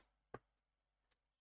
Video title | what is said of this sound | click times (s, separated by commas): Build The Valentino Rossi’s Bike Stages 40 and 41 | screwdriver just to push them down to play and there we go that's all clicked into place now | 0.3 s